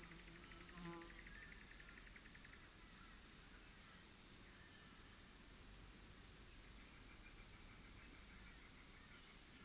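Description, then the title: Cicadas producing a high buzz that throbs in rapid pulses, with a few low tonal hums at the start. Field recording from Australia or Portugal made during 2011, possibly altered. "EMERGING TERRITORIES. Cicadas"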